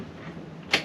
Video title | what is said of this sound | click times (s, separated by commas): How to rebuild a Fluval FX6 | they just click into place like that. | 0.7 s